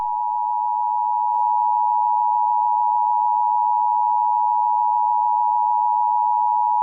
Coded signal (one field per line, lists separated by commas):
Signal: Emergency Alert System (SAME) tones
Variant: 853 and 960 Hz attention tone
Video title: Eas Scenario The 5 beasts (Cookie run Eas Scenario) (PART 1)